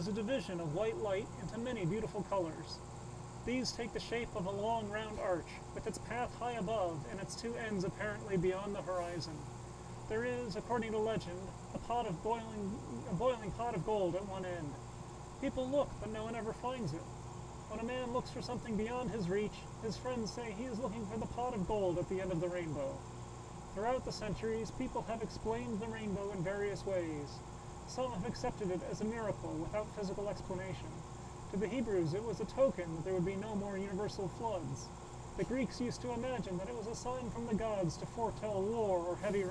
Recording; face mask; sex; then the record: reading aloud; surgical mask; male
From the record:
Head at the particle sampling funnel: tilted up or above it, chin in front of it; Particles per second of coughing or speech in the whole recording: 0.968